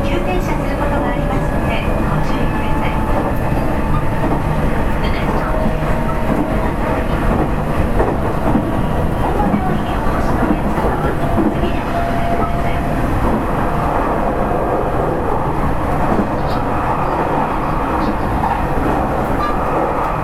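A Nishitetsu 3000 series train runs steadily, its dense low rumble constant throughout, with faint whining tones and scattered rattles above.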